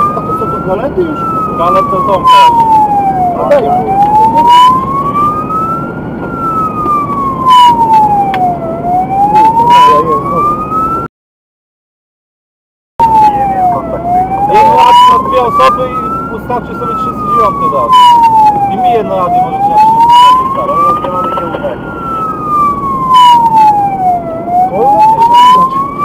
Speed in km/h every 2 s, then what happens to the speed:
85, 85, 86, 86, 83, 79, 78, 77, 76, 80, 78, 77, 68.
0-6 steady at about 85. 6-15 slows to 76. 15-22 steady at about 77. 22-26 slows to 68.